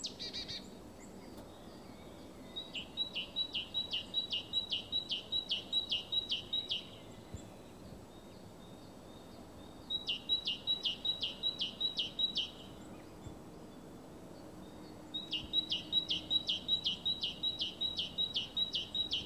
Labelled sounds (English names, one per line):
Great Tit